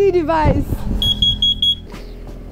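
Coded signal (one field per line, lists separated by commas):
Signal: none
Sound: a safety device's beeps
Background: speech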